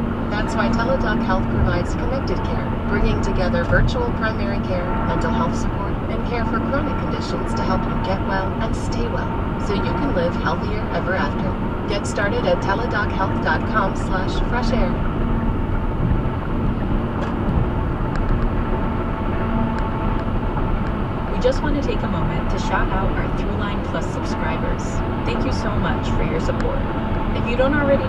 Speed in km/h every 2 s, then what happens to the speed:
121, 121, 122, 124, 124, 126, 124, 121, 121, 121, 119, 121, 121, 119.
0-28 steady at about 121.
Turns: none.